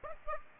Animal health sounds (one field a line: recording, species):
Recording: mosquito wingbeat signal from an infrared sensor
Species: Aedes aegypti